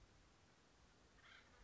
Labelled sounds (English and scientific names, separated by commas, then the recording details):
Acorn Woodpecker (Melanerpes formicivorus)
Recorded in Sonoma County, California